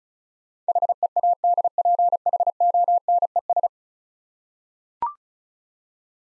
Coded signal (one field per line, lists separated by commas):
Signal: Morse code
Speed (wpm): 33 wpm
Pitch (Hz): 700 Hz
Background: none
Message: HEADPHONES